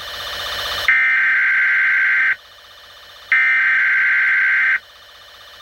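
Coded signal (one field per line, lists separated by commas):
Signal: Emergency Alert System (SAME) tones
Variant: header bursts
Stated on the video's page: Fictional EAS scenario about a dinosaur resurrection.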